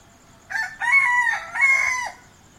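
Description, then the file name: Chicken: rooster crowing, one full cock-a-doodle-doo in three harsh, drawn-out parts, the last syllable long and falling at the end, over a faint steady background hiss. Morning cockcrows. "morning cockcrows ambience-loop"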